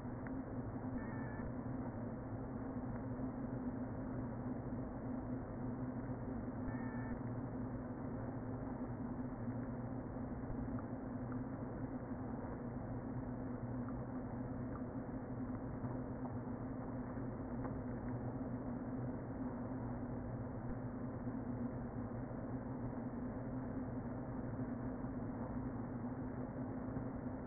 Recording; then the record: honeybee colony, microphone inside the hive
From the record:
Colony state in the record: queen present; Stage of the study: before two queens were removed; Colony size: about 60,000 bees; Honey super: yes